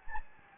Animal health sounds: mosquito wingbeat signal from an infrared sensor; Anopheles gambiae

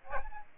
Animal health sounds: mosquito wingbeat signal from an infrared sensor; Aedes albopictus

